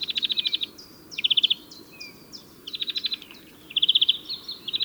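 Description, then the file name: European greenfinch with short rapid trills repeated several times, separated by thin chirping notes. "Chloris chloris"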